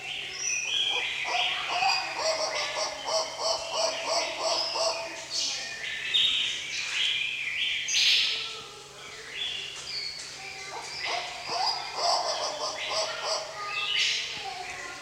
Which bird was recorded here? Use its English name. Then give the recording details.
White-cheeked Turaco. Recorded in captivity. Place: Zoo Berlin, Berlin, DE. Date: 1986-12-30 11:20. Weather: slightly cloudy, bright 5°. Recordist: Tembrock, Günter